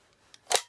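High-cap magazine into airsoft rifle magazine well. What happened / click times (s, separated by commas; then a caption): The magazine snapped home in its well / 0.6 s. A 500-round GFC high-cap magazine made by G Fire is inserted into the magazine well of an ICS M4-27 CQB full metal M4 airsoft rifle. A faint tick at 0.3 s is followed by a sharp metallic snap at 0.6 s as the magazine seats. It fits with barely any wobble.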